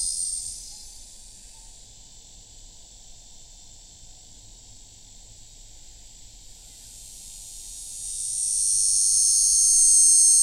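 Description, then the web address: Davis's southeastern dog-day cicada singing a high, hissing buzz that fades, stays quiet for several seconds, then swells again into a loud, steady, sizzling drone. "The Songs of Insects. Davis's southeastern Dog-day Cicada"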